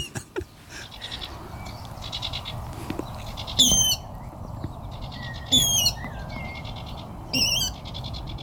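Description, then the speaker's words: Water Rail calls: harsh, squealing bursts recurring roughly every two seconds, with buzzy chattering between them over a steady noisy background. Often calls loudly and harshly; this call sounds somewhat like a squealing pig; the species has a broad repertoire of calls. "Nej, det låter som en vattenrall."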